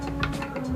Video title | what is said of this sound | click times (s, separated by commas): UNBOXING HELM LOKAL GO INTERNATIONAL ! - RSVHELMET | udah ngunci ya. Kalau udah ngunci, dia akan berbunyi tek gitu ya. | 0.2 s